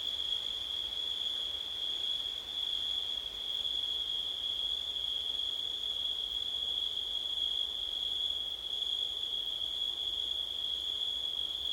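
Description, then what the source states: Crickets keep up a piercing, monotone trill at constant pitch, with a soft background hiss and a brief dip. Recorded at night in September, with wind.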